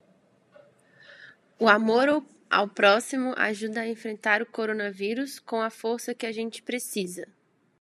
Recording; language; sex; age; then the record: spoken sentence; Brazilian Portuguese; female; 20 to 29 years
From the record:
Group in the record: control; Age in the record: 29 years